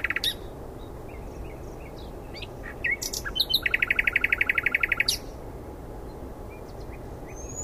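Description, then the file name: Common nightingale song with scattered chirps and clicks, then a fast, dense rattle of repeated notes before quieter sparse notes. "Luscinia megarhynchos"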